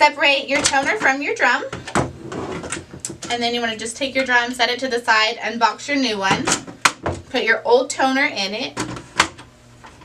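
Someone talks while handling a Brother MFC L5850dw laser printer's toner cartridge and imaging drum unit: the old toner cartridge is separated from the old drum, the drum is set aside, a new plastic drum unit is unboxed, and the old toner cartridge is placed into it. Short plastic handling knocks and clatter are heard around 1.9–3.1 seconds and again near 9.2 seconds. Nothing has seated or clicked yet.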